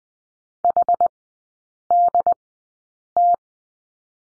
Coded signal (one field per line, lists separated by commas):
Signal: Morse code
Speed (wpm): 19 wpm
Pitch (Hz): 700 Hz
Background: none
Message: HDT